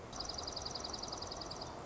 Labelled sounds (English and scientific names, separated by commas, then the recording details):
Dark-eyed Junco (Junco hyemalis)
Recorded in Sonoma County, California